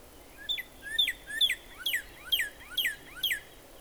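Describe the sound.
Northern cardinal singing repeated two-part phrases, a short rising note then a strong downslurred whistle, about two phrases per second.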